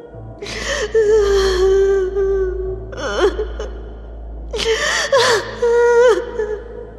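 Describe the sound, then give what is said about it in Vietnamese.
A voice breaks into anguished sobbing and drawn-out wailing, with wavering high-pitched cries, gasping breaths between them, and a second loud burst of crying near the end. “bỗng bật khóc nức nở. Tiếng khóc xé gan xé ruột như muốn trút hết những câu chuyện đã uất ức trong lòng từ rất lâu, giờ đã có thể nói ra hết.”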